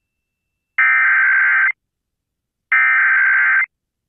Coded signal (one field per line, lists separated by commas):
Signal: Emergency Alert System (SAME) tones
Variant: header bursts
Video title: Missouri Statewide Amber Alert Cancellation 2/13/22 [EAS #553]